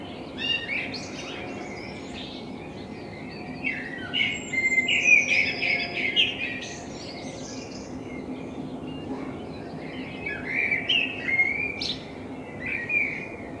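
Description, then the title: Common blackbird song: mellow phrases and bright squeaky twitters in bursts separated by quieter gaps, with a faint low hum. Binaural recording made with a self-built dummy head, in front of the recordist's window; intended for headphone listening. "Kunstkopfaufnahme der Amsel vor meinem Fenster"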